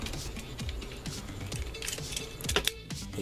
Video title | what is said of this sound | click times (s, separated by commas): Transformers United Lugnut UN-14 revisión / review en español | subimos hizo click bajamos | 2.7 s